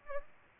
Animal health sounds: mosquito wingbeat signal from an infrared sensor; Aedes albopictus

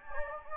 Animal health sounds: mosquito wingbeat signal from an infrared sensor; Anopheles gambiae

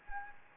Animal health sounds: mosquito wingbeat signal from an infrared sensor; Anopheles gambiae

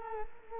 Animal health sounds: mosquito wingbeat signal from an infrared sensor; Culex quinquefasciatus

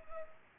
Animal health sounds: mosquito wingbeat signal from an infrared sensor; Culex pipiens

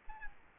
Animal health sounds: mosquito wingbeat signal from an infrared sensor; Aedes albopictus

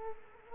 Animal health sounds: mosquito wingbeat signal from an infrared sensor; Culex quinquefasciatus

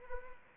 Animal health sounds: mosquito wingbeat signal from an infrared sensor; Anopheles arabiensis

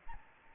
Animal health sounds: mosquito wingbeat signal from an infrared sensor; Aedes albopictus

